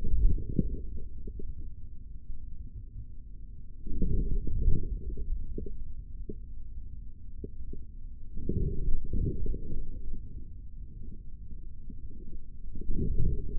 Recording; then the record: forearm muscle sounds (acoustic myography)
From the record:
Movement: forearm pronation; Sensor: system 3, bracelet of six PUI Audio POM-2738L microphones around the upper forearm, with dedicated amplification and filtering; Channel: 5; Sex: male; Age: 23 years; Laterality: right